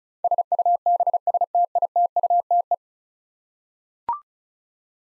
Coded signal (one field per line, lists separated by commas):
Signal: Morse code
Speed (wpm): 36 wpm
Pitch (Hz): 700 Hz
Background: none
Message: SUBSTITUTE